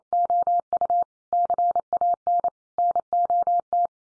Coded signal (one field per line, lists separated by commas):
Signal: Morse code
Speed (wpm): 28 wpm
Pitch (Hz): 700 Hz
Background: none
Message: OU CAN NOT